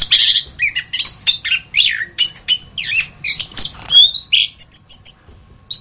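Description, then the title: Orange-headed thrush singing a fast medley of squeaky, buzzy and whistled notes, phrases jumping between high and mid pitch, ending on a long thin whistle. "anis kembang"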